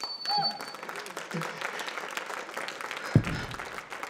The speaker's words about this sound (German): Großer Applaus!